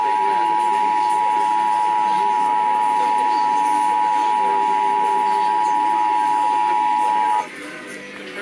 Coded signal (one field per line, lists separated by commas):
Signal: Emergency Alert System (SAME) tones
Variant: 853 and 960 Hz attention tone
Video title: EAS 5216-5232 Tests from 9/20-9/21